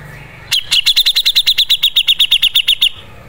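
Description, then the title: Grey-cheeked bulbul call: one steady burst of many rapid, clipped high notes lasting around two seconds. Masteran training audio. "MASTERAN CUCAK JENGGOT"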